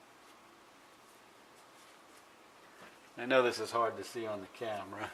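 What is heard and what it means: A wiring harness plug is lined up and worked onto the windshield washer fluid pump connector of a 2003 Nissan Altima during a pump replacement, with only faint low handling noise for the first three seconds. From about 3.2 s someone talks. The plug has not seated or clicked yet.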